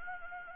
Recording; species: mosquito wingbeat signal from an infrared sensor; Anopheles gambiae